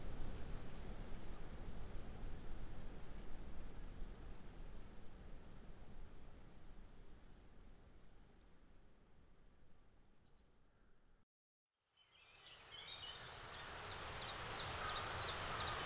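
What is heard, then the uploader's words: Wind sweeps across a wide landscape in a steady low rumble that slowly eases over the first eleven seconds, with faint high bird chirps scattered above it. Near eleven seconds it cuts to silence, then returns brighter, with dense bird calls and rising noise. The soundview of this wide panoramic landscape changes with the wind.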